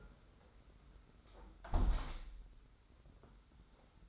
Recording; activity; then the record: daily activity, microphone in the room; close window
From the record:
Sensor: 3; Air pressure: 991.2 hPa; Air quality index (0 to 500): 122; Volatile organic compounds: 109 ppm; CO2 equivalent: 3809 ppm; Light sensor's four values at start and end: 50/135/55/49 and 47/131/53/47